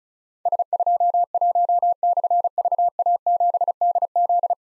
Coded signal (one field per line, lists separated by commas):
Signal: Morse code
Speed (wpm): 36 wpm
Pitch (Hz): 700 Hz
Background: none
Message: S21/VA7DZ